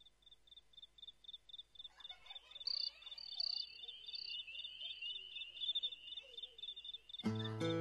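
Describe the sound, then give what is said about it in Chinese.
Steady, rapid high-pitched cricket chirps pulse continuously in the intro of a song mixing hip-hop and folk, joined by soft twittering bird calls in the middle, before a broad burst of music cuts in at the end. “而且在歌曲当中呢，他还将嘻哈与民谣两种音乐的风格呢相混合，甚至在前奏当中加入了非常清新的，让我们有一些夏日感觉的蟋蟀的声音，给人感觉非常特别。”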